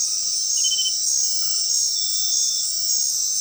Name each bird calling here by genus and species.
none